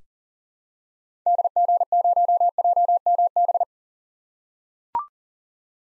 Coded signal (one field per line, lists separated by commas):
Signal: Morse code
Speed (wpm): 40 wpm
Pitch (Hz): 700 Hz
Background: none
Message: DG0JMB